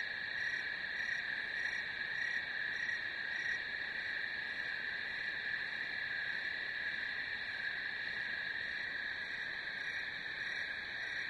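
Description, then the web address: Crickets trilling without pause, a constant high-pitched drone with faint rhythmic pulses over the top, steady from start to finish. "сверчки"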